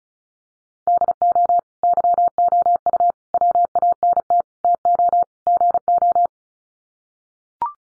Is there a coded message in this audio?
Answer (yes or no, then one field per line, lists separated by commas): yes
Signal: Morse code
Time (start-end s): 0.9-6.3 s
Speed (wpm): 34 wpm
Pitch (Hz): 700 Hz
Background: none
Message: DO YOU WANT TO GO